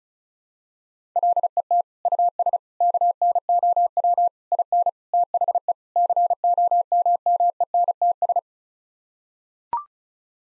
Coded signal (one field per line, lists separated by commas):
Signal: Morse code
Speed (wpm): 34 wpm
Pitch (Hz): 700 Hz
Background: none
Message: LET US KNOW IN THE COMMENTS